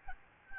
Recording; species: mosquito wingbeat signal from an infrared sensor; Aedes albopictus